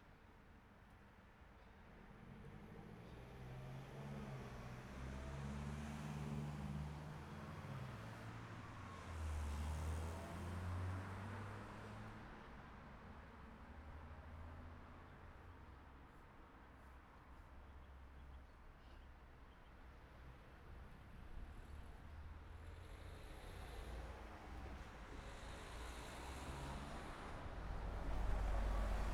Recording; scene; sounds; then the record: everyday scene through a hearing-aid microphone; in traffic; traffic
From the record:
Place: city secondary road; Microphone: behind the ear, right, rear